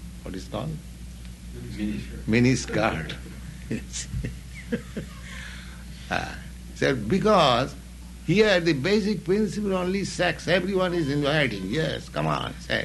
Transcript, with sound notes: what is called? Miniskirt, yes. [laughs] So because here the basic principle only sex, everyone is inviting, "Yes, come on, sex.